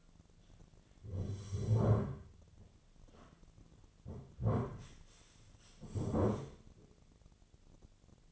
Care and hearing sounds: daily activity, microphone in the room; sit down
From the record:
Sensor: 4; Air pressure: 1008.9 hPa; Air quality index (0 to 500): 170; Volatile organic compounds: 5 ppm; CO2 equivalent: 1708 ppm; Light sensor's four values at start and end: 23/73/27/26 and 23/73/28/26

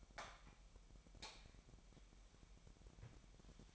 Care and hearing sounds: daily activity, microphone in the room; light on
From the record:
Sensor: 1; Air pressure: 1012.0 hPa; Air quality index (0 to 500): 231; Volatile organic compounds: 6 ppm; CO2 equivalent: 1845 ppm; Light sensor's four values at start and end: 13/30/13/14 and 16/45/18/19

